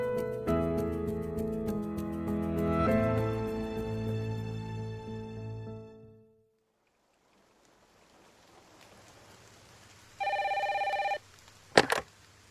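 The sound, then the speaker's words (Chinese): After a musical passage fades out, a single loud, steady electronic telephone ring sounds for about a second over faint hiss, followed by a sharp click: a call to an office that doubles as a residence, on a drizzly Wednesday near July, in the audio drama of Higashino Keigo's novel Byakuyakō (White Night). “小冢一成把电话打到了金枝直寺的事务所兼住处。”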